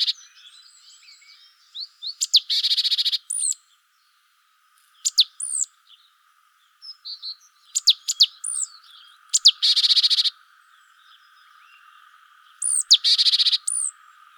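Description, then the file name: Great tit scolding calls: sharp, high notes, some running into a rasping, buzzy churr. Several bouts come at irregular intervals, with soft chirps in the background. "Parus major"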